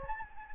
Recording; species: mosquito wingbeat signal from an infrared sensor; Anopheles gambiae